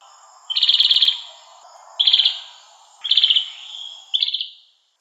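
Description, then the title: Oriental magpie-robin giving four short trilled bursts, each about half a second long. "Kicau Kacer"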